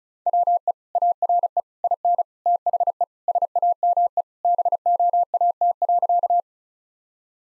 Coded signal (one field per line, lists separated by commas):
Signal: Morse code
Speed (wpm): 36 wpm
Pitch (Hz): 700 Hz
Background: none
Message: WE ARE IN THE SAME BOAT.